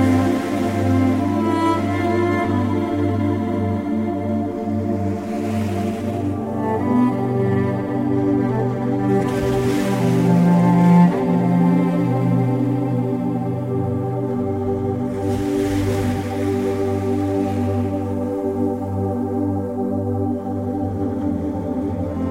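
Ocean waves wash in roughly every five seconds, each surge a soft hiss rising and fading, around 6, 10 and 16 seconds. Beneath them, relaxing music holds long, sustained low tones and gentle layered chords at a steady, even volume throughout.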